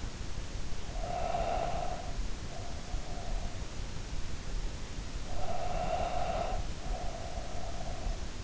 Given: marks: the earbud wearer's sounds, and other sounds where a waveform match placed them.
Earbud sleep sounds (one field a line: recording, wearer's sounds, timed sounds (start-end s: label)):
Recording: sounds in sleep by an in-ear microphone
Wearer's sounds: breath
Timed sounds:
0.69-3.55 s: breath
5.13-8.44 s: breath